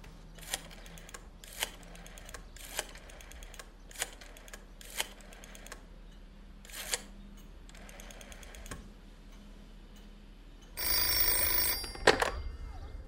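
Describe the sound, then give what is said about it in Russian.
An old telephone bell rings: a run of sharp, evenly spaced metallic strikes about a second apart, then a loud, harsh jangling burst near the end before stopping. “Павел встает, подходит к телефону.”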